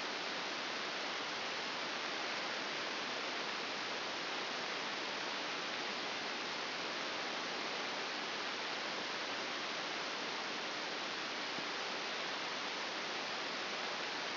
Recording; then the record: brain microelectrode recording played as sound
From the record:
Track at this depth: outside the subthalamic nucleus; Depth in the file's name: 9.104 mm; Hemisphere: left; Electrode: 2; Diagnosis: Parkinson's disease